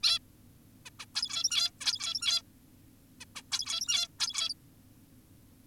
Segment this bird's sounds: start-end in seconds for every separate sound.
0.03-0.19, 0.86-0.90, 1.00-1.06, 1.15-1.71, 1.81-2.42, 3.21-3.25, 3.36-3.42, 3.52-4.08, 4.20-4.54